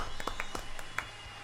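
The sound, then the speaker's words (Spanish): A brief patter of scattered hand claps for a band, sparse and irregular rather than a full ovation, fairly soft, with no voices over it. “Un aplauso. Grande ….”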